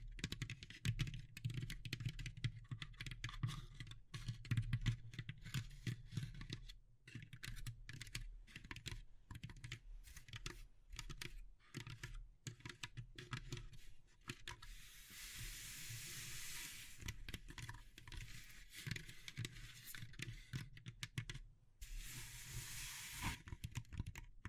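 Natural triggers of wood, bamboo and straw: a dense run of quick, irregular taps and clicks, like fingers drumming or typing on hollow material. Two stretches, around 15–18 and 21–23 seconds, turn into a bright, steady hiss like brushing straw.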